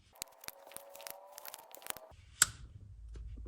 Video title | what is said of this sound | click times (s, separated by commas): Oil Pump Install (Step By Step Guide) - 46-71 Jeep & Willys | we'll put onto our bolt and tighten it until it clicks. | 2.4 s